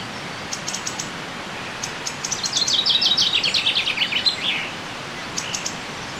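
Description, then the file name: Common chaffinch song: one rapid, descending phrase of bright trilled notes ending in a flourish, with a few faint high chips before and after against a steady background hiss. "Fringilla coelebs"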